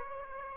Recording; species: mosquito wingbeat signal from an infrared sensor; Aedes aegypti